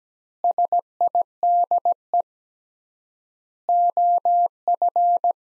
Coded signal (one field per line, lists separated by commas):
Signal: Morse code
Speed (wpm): 17 wpm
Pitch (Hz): 700 Hz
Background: none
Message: SIDE OF